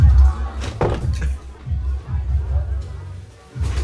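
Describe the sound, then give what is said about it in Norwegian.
A door is pushed shut quickly with a solid thud, followed by a few more low knocks and bumps over a muffled murmur of voices. “Ja, lukk døra dritkjapt, da.”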